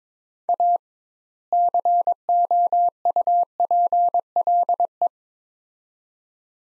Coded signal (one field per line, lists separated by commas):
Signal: Morse code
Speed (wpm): 21 wpm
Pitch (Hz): 700 Hz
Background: none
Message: A COUPLE